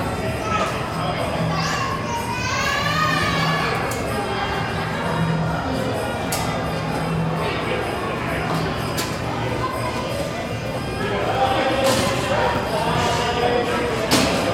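A crowded underground station echoes with the steady murmur of many passengers talking at once, voices overlapping. A low hum runs underneath, and sharp clicks and knocks ring out now and then, most clearly around the middle and end.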